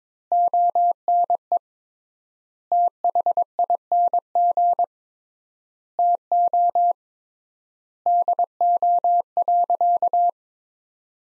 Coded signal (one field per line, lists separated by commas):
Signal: Morse code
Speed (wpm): 22 wpm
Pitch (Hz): 700 Hz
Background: none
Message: ONE THING TO DO.